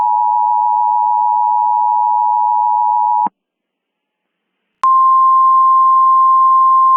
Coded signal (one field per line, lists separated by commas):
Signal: Emergency Alert System (SAME) tones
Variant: 853 and 960 Hz attention tone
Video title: EAS Mock Scenario: Judas